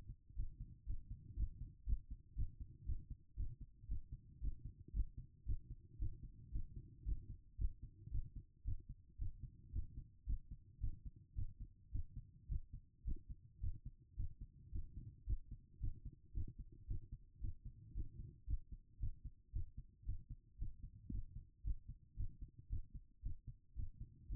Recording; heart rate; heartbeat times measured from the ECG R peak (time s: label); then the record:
heart sounds by stethoscope; 113 bpm
0.34 s: heartbeat
0.85 s: heartbeat
1.35 s: heartbeat
1.84 s: heartbeat
2.34 s: heartbeat
2.84 s: heartbeat
3.35 s: heartbeat
3.86 s: heartbeat
4.39 s: heartbeat
4.91 s: heartbeat
5.44 s: heartbeat
5.97 s: heartbeat
6.50 s: heartbeat
7.03 s: heartbeat
7.56 s: heartbeat
8.10 s: heartbeat
8.63 s: heartbeat
9.17 s: heartbeat
9.71 s: heartbeat
10.25 s: heartbeat
10.79 s: heartbeat
11.34 s: heartbeat
11.90 s: heartbeat
12.47 s: heartbeat
13.03 s: heartbeat
13.59 s: heartbeat
14.15 s: heartbeat
14.70 s: heartbeat
15.25 s: heartbeat
15.79 s: heartbeat
16.32 s: heartbeat
16.86 s: heartbeat
17.39 s: heartbeat
17.92 s: heartbeat
18.45 s: heartbeat
18.98 s: heartbeat
19.51 s: heartbeat
20.04 s: heartbeat
20.57 s: heartbeat
21.09 s: heartbeat
21.62 s: heartbeat
22.15 s: heartbeat
22.68 s: heartbeat
23.21 s: heartbeat
23.74 s: heartbeat
24.27 s: heartbeat
From the record:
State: after exercise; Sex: female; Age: 36 years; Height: 178 cm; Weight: 74 kg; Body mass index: 23.36